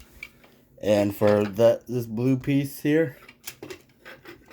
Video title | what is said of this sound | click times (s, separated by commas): Nightmare 70's Toy Review: Transformers 4 AOE Voyager Galvatron | connect the connect it you'll hear that click | 0.2 s